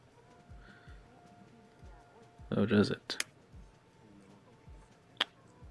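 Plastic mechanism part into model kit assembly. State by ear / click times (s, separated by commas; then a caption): seated / 5.2 s. Someone pushes a plastic mechanism part into a Bandai HG Sakura Wars 2 Kobu-Kai (Sakura Shinkuji Type) model kit assembly while talking, with handling noise around 2.5–3.2 s. A sharp snap at 5.2 s marks the part locking into place.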